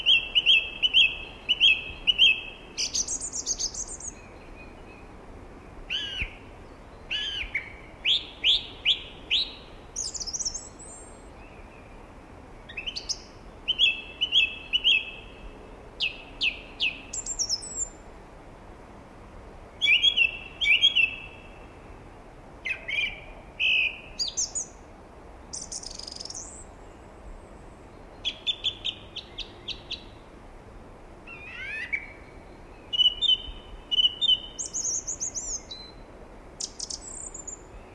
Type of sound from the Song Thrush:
song